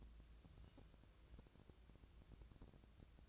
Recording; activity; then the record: daily activity, microphone in the room; take from stove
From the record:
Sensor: 2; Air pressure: 999.8 hPa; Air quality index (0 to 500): 121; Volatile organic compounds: 2 ppm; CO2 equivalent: 1044 ppm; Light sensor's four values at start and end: 34/84/37/41 and 34/84/37/41